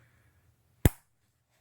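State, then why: Seated. A red plastic locking tab on a fuel injector connector is pushed down and clicks shut at 0.8 s with a single sharp, bright snap over a faint low hum, leaving the connector locked in place. Words in clip: none, so no talk is heard. Wait—must give 0.85 to one decimal: 0.9? 0.85 rounds to 0.9 (or 0.8). Use 0.9. A red plastic locking tab on a fuel injector connector is pushed down and clicks shut at 0.9 s with a single sharp, bright snap over a faint low hum. The connector is left locked in place.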